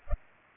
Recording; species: mosquito wingbeat signal from an infrared sensor; Culex pipiens